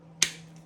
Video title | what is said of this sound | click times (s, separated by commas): JetBoil zip stove cooking system | snap onto the canister | 0.2 s